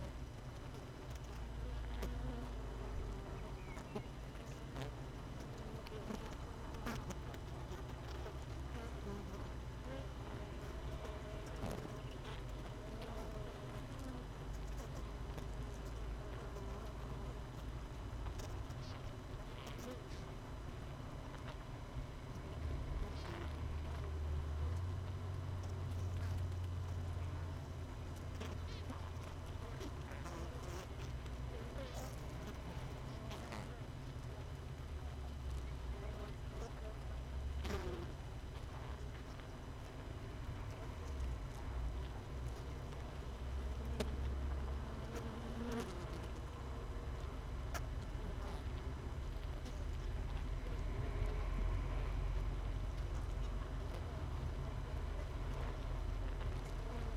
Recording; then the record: honeybee colony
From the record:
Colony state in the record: missing queen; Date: 31 May 2018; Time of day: 16:34